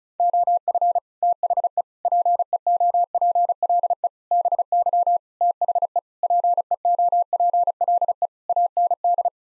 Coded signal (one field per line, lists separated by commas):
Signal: Morse code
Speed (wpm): 36 wpm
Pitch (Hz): 700 Hz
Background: none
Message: OF THE PEOPLE BY THE PEOPLE AND